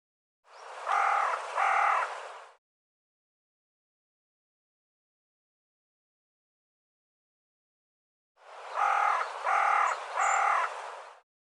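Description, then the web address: Bird calling in two groups of harsh caws, two then three notes, with a long silence between. "cianscape birddata Deverinetal 2025 File cleaned normalized Bird"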